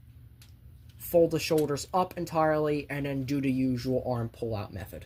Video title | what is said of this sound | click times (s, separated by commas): Transformers Legacy Amazon Exclusive Volvo Optimus Prime | We're going to fold these downwards. That's going to clip into the chest to lock into place. | 0.4 s, 0.9 s